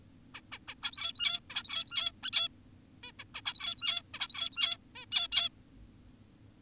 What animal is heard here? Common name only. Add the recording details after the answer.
Zebra Finch. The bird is an adult. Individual g17y2U